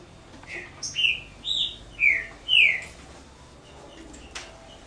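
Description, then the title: Double-collared seedeater singing one brisk phrase of several bright, downslurred whistles, then quiet. "Canto Coleiro"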